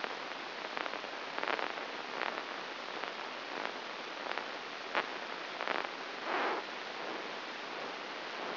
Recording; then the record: brain microelectrode recording played as sound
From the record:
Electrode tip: inside the subthalamic nucleus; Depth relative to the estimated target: 1 mm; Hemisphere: right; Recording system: AlphaMap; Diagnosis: Parkinson's disease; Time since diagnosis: 12 years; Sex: female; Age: 47 years